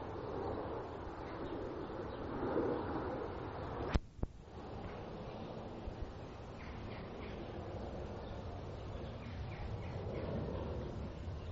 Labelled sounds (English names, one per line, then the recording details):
Indian Muntjac call
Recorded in captivity
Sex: female
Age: adult
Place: Tierpark Berlin, Berlin, DE
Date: 1966-08-07 10:00
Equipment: Uher 4000 Report-S, Transistorverstärker II, Sennheiser MD 421
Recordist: Tembrock, Günter